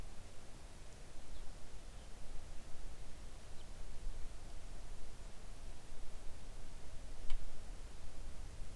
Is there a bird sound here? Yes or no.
yes